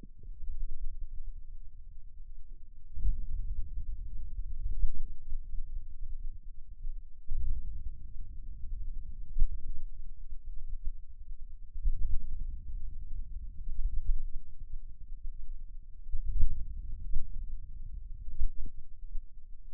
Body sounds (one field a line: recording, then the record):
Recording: forearm muscle sounds (acoustic myography)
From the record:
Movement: hand opening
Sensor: system 2, bracelet of six BSWA MPA416 microphones around the upper forearm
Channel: 2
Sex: male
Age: 22 years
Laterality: right